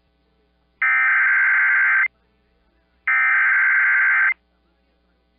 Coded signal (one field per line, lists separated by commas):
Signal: Emergency Alert System (SAME) tones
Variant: header bursts